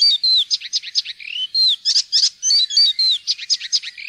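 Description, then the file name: Icterine warbler song: a fast, varied jumble of high chirps, slurred whistles and buzzy notes, phrases repeated quickly with little pause. "gulsanger"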